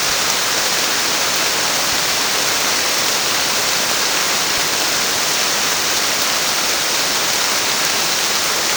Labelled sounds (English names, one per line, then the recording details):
none
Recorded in pastures near Puerto Asís, Putumayo, Colombia, on 29 June 2025 at 13:00
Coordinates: 0.496, -76.326
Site GP01